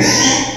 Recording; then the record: squeal of a Yucatan mini pig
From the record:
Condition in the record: before surgery on the right vocal fold (resection and tissue-engineered implant); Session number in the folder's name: 2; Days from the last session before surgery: 0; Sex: male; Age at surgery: 12 weeks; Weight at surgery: 13 kg